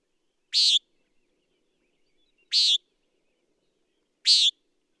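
Common nighthawk giving harsh, buzzy nasal peent calls, three short notes spaced about two seconds apart against a quiet background.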